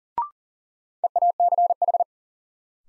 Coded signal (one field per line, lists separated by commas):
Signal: Morse code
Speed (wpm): 40 wpm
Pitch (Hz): 700 Hz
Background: none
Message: EACH